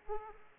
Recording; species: mosquito wingbeat signal from an infrared sensor; Aedes aegypti